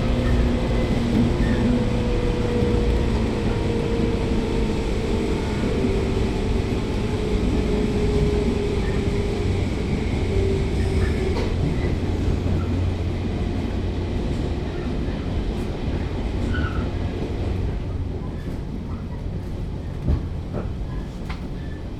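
A train runs steadily along the line, its dense low rumble constant, with a humming motor tone that slowly drops and fades.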